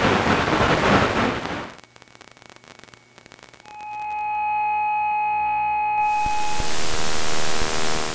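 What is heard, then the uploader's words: Analog TV tuning: loud hissing static for the first two seconds cuts to a quieter stretch of faint clicking and buzzing. Near four seconds a steady high whine rises with a low hum beneath, then harsh static surges back from six seconds to the end. I wanted to capture the sound of tuning analog TVs. I ended up recording a bunch of tuning, static and noise from a number of devices.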